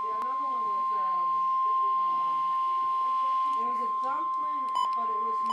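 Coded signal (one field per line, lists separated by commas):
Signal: Emergency Alert System (SAME) tones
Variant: 1050 Hz attention tone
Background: speech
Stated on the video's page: Required Weekly Test received on a NOAA weather radio (WR120), preceded by a click.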